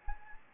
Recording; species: mosquito wingbeat signal from an infrared sensor; Anopheles gambiae